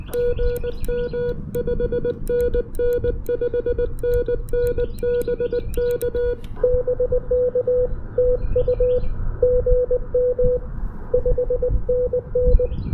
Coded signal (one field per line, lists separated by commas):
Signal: Morse code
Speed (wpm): 19 wpm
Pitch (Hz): 480 Hz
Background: none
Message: GM 5NN 5NN BK BK TU GM 5NN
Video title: Serious QRP DX: My First POTA Activation with the Index Labs QRP Plus!